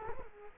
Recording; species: mosquito wingbeat signal from an infrared sensor; Culex quinquefasciatus